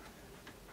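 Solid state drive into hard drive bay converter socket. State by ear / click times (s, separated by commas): not seated / none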